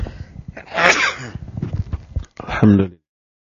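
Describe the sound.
A loud, sharp sneeze erupts in a noisy burst, followed by scattered breathy sounds and a short voiced exclamation at the end.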